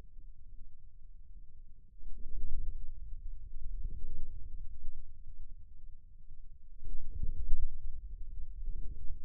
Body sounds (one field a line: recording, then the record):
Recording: forearm muscle sounds (acoustic myography)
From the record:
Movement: inward rotation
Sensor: system 2, bracelet of six BSWA MPA416 microphones around the upper forearm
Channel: 2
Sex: male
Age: 22 years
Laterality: right